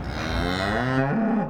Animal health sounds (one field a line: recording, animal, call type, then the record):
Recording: contact call of a hoofed animal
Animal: cattle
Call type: low-frequency (closed-mouth) or high-frequency (open-mouth) call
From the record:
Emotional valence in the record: negative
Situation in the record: full separation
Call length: 1.50 s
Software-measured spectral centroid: 1770 Hz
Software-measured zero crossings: 1600 a second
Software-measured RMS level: -24 dBFS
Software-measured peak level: -9 dBFS